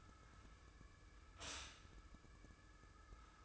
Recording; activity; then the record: daily activity, microphone in the room; stop toaster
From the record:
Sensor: 2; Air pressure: 995.0 hPa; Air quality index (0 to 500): 58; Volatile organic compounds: 1 ppm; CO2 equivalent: 949 ppm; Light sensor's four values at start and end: 17/54/21/20 and 17/54/21/20